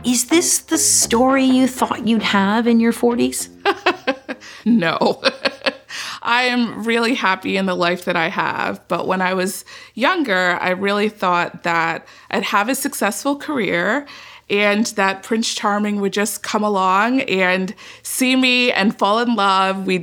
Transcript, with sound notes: Is this the story you thought you'd have in your 40s? [LAUGHS]
I am really happy in the life that I have. But when I was younger, I really thought that I'd have a successful career, and that Prince Charming would just come along and see me and fall in love.